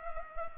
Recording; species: mosquito wingbeat signal from an infrared sensor; Culex pipiens